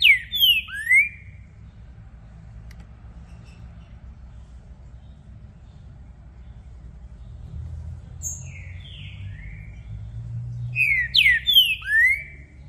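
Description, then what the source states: Green-winged saltator song in three short bursts of slurred, ringing whistles: one at the start, a softer one midway and one at the end. Recording used to warm up a contest bird. The bird is described as a brave male calling, singing and showing male display, switching between many song types to open its song.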